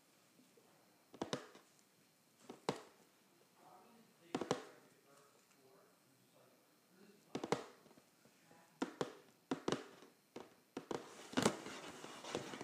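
Fingers scratch and tap on a cardboard box. Sharp, dry knocks land irregularly, at about 1, 2.5, 4.5 and 7.5 seconds, then cluster more tightly after 9 seconds. Softer rustling scrapes fill the gaps between hits.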